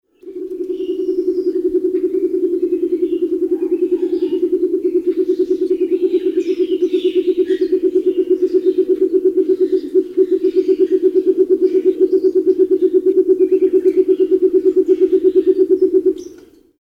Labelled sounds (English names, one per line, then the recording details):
Sulawesi Ground Dove
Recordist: Tembrock, Günter
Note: Lautfolge eines Männchens